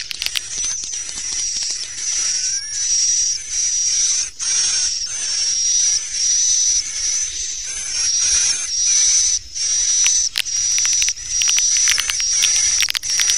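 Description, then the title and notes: Swiftlet calls, high whistled chirps with a hissy tone, repeated in bursts a little over once a second, with a faint low hum underneath. Used for swiftlet farming in Asia. "Swiflet Bird Sound. Farming Swiflet Bird asia sound"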